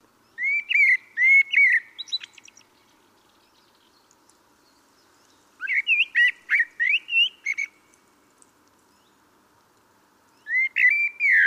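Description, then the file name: Common blackbird song: mellow, slurred whistled notes followed by high twittering, phrases repeated after three-second pauses against faint steady background noise. "Turdus merula"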